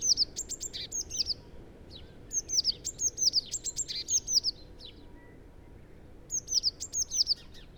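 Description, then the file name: Eurasian blue tit giving three bouts of rapid, high-pitched, slurred notes, the middle bout the longest, with pauses between. "Cyanistes caeruleus"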